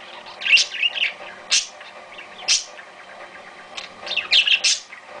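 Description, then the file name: Parakeet chatter, rapid scratchy high chirps and a few louder harsh notes in quick irregular succession. "suara burung parkit. omkicau"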